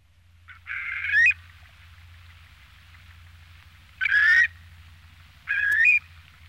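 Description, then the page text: Asian dowitcher calls: three short nasal yelps that rise in pitch and come at irregular intervals, with a constant low background hum. "Азиатский бекасовидный веретенник – Limnodromus semipalmatus"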